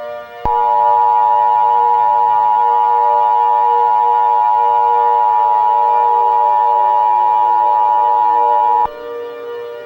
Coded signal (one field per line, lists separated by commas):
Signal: Emergency Alert System (SAME) tones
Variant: 853 and 960 Hz attention tone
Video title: EAS Scenario: SCP-001 When Day Breaks..... [loud] PART 1